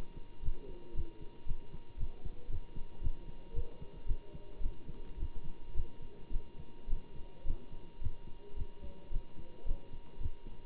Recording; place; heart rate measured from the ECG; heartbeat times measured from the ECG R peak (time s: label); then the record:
heart sounds by stethoscope; between the tricuspid and mitral areas; 110 bpm
0.41 s: heartbeat
0.93 s: heartbeat
1.45 s: heartbeat
1.97 s: heartbeat
2.48 s: heartbeat
3.00 s: heartbeat
3.53 s: heartbeat
4.05 s: heartbeat
4.60 s: heartbeat
5.17 s: heartbeat
5.73 s: heartbeat
6.30 s: heartbeat
6.87 s: heartbeat
7.44 s: heartbeat
8.00 s: heartbeat
8.55 s: heartbeat
9.10 s: heartbeat
9.65 s: heartbeat
10.19 s: heartbeat
From the record:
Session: Bruce protocol treadmill stress test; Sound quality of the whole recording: good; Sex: male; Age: 25 years